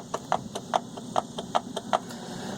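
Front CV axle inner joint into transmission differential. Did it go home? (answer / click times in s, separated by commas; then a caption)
yes / 0.1 s, 0.3 s, 0.8 s, 1.2 s, 1.6 s, 1.9 s. The inner joint of a driver's-side front CV axle on a Volvo 850, S70 or V70, inserted into the transmission differential, is grabbed and pushed in and out. Sharp metallic clicks sound at its stop at 0.1, 0.3, 0.8, 1.2, 1.6 and 2.0 seconds. The retaining clip is engaged, so the axle is seated and secure and does not come out.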